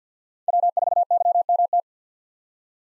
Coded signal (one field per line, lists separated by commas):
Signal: Morse code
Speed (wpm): 50 wpm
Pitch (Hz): 700 Hz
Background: none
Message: W4YMT